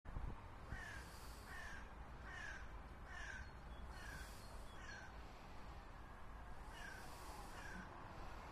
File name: Aaskrähe